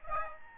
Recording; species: mosquito wingbeat signal from an infrared sensor; Aedes albopictus